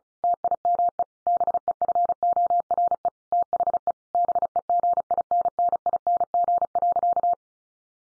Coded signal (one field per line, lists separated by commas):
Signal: Morse code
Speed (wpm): 34 wpm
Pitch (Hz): 700 Hz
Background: none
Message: TIME BEFORE THE BEGINNING.